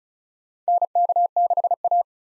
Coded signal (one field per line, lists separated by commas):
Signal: Morse code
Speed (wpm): 34 wpm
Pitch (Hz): 700 Hz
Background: none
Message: NK6A